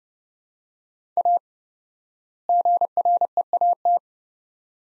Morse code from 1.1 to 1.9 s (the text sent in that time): A